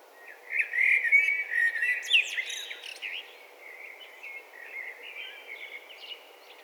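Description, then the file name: Eurasian blackbird delivering a loud fluted warble with high scratchy twitters, then trailing off into softer, quieter warbling notes. "Turdus merula"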